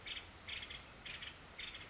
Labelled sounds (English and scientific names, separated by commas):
Nuttall's Woodpecker (Dryobates nuttallii)